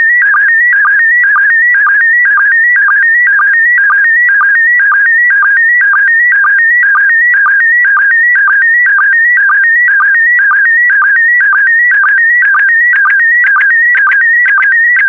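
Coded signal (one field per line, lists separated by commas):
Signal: SSTV (slow-scan television)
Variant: PD120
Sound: warbling tone stepping between a few pitches, with a short low blip twice a second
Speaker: get ready starting transmission in 5 4 3 2 1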